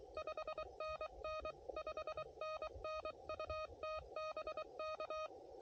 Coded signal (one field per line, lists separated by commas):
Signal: Morse code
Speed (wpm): 23 wpm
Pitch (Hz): 1250 Hz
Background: none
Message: 5NN 5NN UT BK